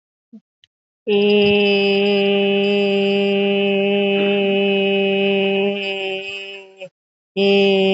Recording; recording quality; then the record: sustained vowel as in made; excellent, no background noise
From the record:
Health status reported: COVID-19 positive, mild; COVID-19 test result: positive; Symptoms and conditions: cough, cold, fever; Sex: female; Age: 34 years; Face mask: not worn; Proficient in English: yes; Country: India